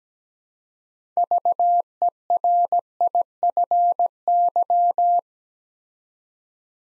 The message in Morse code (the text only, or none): VERIFY